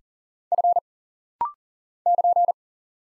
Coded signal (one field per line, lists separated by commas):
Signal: Morse code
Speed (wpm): 39 wpm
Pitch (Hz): 700 Hz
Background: none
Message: F <KN>